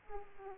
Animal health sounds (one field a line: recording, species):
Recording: mosquito wingbeat signal from an infrared sensor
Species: Aedes aegypti